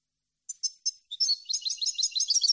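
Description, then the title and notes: European goldfinch song: a few separate high chirps, then a fast, tinkling twitter of bright, liquid notes; no other sounds. Clean goldfinch song, issued on CD for birds to copy in song training. "Cd Jilguero. Cd de canto de jilguero limpio para copia"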